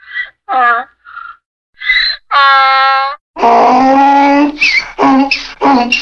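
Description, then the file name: Donkey bray starting with short squeaks and a drawn-out tonal note, then building into loud rasping heaves alternating with high squeals. "Burro"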